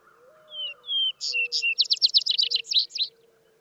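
Vesper sparrow gives two drawn-out whistles then a tumbling run of rapid trilled notes, over soft low whistling.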